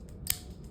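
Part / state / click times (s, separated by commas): cannula inserter inside a body-worn insulin pod / released / 0.3 s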